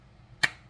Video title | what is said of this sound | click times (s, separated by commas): Crazy 8's / Temu Haul / December 9, 2023 | okay snap we heard of snap that's always a good sign | 0.4 s